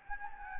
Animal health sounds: mosquito wingbeat signal from an infrared sensor; Anopheles gambiae

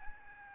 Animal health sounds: mosquito wingbeat signal from an infrared sensor; Aedes albopictus

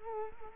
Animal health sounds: mosquito wingbeat signal from an infrared sensor; Culex quinquefasciatus

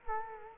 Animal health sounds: mosquito wingbeat signal from an infrared sensor; Culex quinquefasciatus

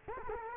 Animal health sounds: mosquito wingbeat signal from an infrared sensor; Culex quinquefasciatus

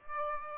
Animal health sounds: mosquito wingbeat signal from an infrared sensor; Aedes albopictus

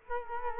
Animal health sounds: mosquito wingbeat signal from an infrared sensor; Culex quinquefasciatus

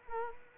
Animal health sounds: mosquito wingbeat signal from an infrared sensor; Culex quinquefasciatus

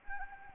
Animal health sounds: mosquito wingbeat signal from an infrared sensor; Anopheles gambiae

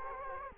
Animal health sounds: mosquito wingbeat signal from an infrared sensor; Culex quinquefasciatus

